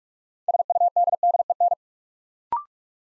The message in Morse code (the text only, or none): SUDDEN